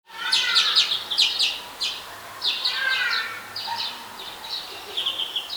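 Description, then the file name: European greenfinch calls: busy bursts of buzzy, twittering chirps in clusters, with lower trilled notes between. "Chloris chloris"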